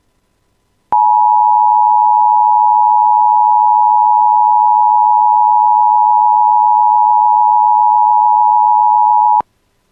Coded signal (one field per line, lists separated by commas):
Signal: Emergency Alert System (SAME) tones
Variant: 853 and 960 Hz attention tone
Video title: [EAS] Severe Thunderstorm Watch for Polk County (West of Bemidji) (8/24/2026)